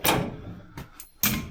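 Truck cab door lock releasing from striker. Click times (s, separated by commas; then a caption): 1.2 s. A reassembled, repaired lock on a MAZ truck cab door is worked from the inside. After a loud opening rustle and two faint clicks near 0.8 and 1.0 seconds, the lock releases from the striker with a loud clack at 1.2 seconds. The door opens, showing the repaired lock works.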